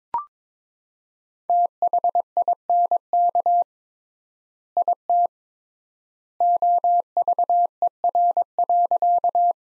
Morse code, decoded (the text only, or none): THINK IT OVER.